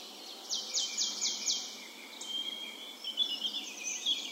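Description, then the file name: Marsh tit call: a short run of four sharp, high, falling notes, followed by fainter chirps against a hissing background. "Poecile palustris"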